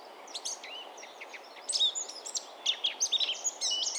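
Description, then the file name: Eurasian blackcap warbling: quiet scratchy notes at first, then louder, sharper chirps and short clear whistles in the second half, against constant background hiss. "Sylvia atricapilla"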